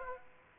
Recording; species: mosquito wingbeat signal from an infrared sensor; Aedes aegypti